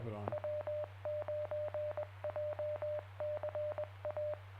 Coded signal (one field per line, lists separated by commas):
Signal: Morse code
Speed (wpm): 20 wpm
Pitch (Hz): 600 Hz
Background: speech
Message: W9JCA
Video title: Jan 31, 2023: Jay County Amateur Radio Club Tuesday Net at 7 PM Eastern